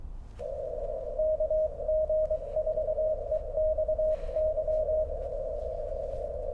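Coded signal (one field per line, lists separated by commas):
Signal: Morse code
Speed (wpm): 22 wpm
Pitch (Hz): 620 Hz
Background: none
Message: KG4EXY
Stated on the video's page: QRP Parks on the Air activation at 5 watts transmit power, with technical challenges.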